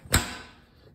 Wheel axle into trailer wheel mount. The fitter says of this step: you can hear it pop pull it to make sure it's secure